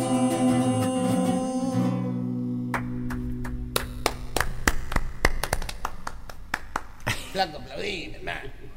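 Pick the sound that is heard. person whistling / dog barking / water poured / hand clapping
hand clapping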